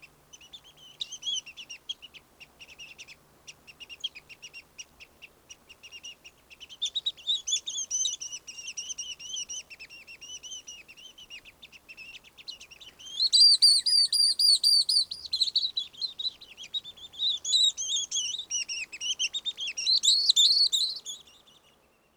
Pygmy Nuthatch call recorded in Upper Beaver Meadows in Rocky Mountain National Park.